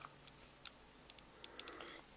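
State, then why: Not seated. A plastic accessory module is pressed and maneuvered onto an FMCS 01 Kamen Rider Fourze Base State action figure, producing a series of small, sharp plastic taps and clicks against a quiet background. The module attaches only partway and does not lock into place; nothing has seated or clicked home yet.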